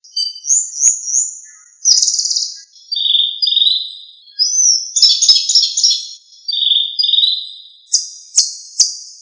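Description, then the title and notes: Bird singing a varied sequence of high whistles, fluttering trills and sharp chirps, with phrases changing every second or two. An Indonesian bird. "Kumpulan Kicau Burung Indonesia"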